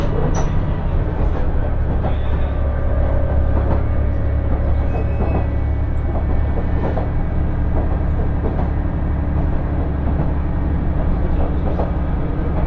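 A two-car KiHa 110 diesel train runs with a steady low rumble and hum, faint clicks and squeaks scattered throughout, and brief tonal whines.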